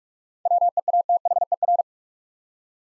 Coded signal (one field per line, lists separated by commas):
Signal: Morse code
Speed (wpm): 46 wpm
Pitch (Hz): 700 Hz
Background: none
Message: WEATHER